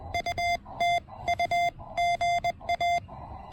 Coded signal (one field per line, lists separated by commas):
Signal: Morse code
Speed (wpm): 21 wpm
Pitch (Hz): 690 Hz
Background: none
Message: UTU GA